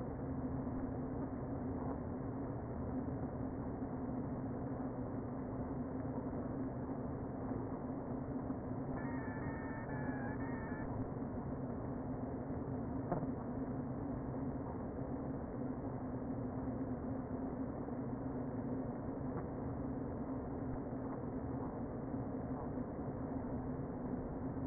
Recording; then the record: honeybee colony, microphone inside the hive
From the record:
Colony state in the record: queen present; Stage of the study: before two queens were removed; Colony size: about 60,000 bees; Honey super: yes